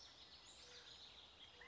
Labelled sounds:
California Towhee

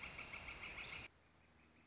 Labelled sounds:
Northern Flicker

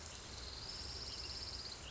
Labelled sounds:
Orange-crowned Warbler

